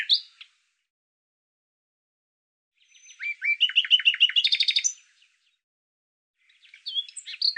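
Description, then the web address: Bird singing a rapid sequence of sharp chirps and a rattling trill, with brief phrases at the start and end. "Deverinetal 2025"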